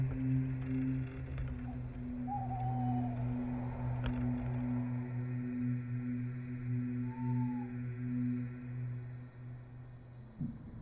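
Night insects keep up a faint, steady high hiss while a deep, continuous hum drones underneath. A short rising-then-falling owl-like call sounds around two seconds and again near seven, with a sharp click near four seconds and a soft thump just before the end.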